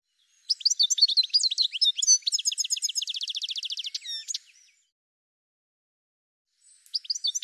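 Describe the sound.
Bird giving a quick run of varied high chirps that turns into a steady rapid trill, then silence before another burst of chirping begins.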